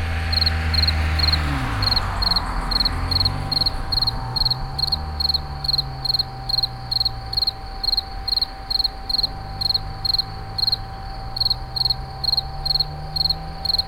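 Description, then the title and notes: Insect giving rapid pulsed chirps in a steady train of about two per second, over a low rumble and a constant even hum. Recorded in 2011 at Moulins-sur-Allier, near a wastewater treatment plant. "Insect near WWTP. 2011, Moulins sur allier"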